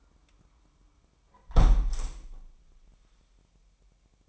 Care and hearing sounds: daily activity, microphone in the room; close window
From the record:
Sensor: 1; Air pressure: 998.7 hPa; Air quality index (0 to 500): 120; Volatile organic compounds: 3 ppm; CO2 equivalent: 1431 ppm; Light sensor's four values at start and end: 7/18/7/9 and 7/17/7/8

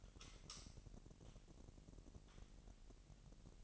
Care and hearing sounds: daily activity, microphone in the room; light on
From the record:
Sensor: 4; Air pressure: 1002.7 hPa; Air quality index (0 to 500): 246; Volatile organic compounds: 12 ppm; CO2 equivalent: 2348 ppm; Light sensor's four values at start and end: 6/14/6/6 and 7/16/6/7

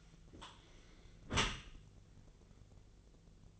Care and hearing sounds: daily activity, microphone in the room; close dishwasher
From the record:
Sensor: 4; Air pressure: 1001.3 hPa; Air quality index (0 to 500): 181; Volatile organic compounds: 2 ppm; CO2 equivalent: 1293 ppm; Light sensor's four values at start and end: 12/28/12/12 and 12/28/11/12

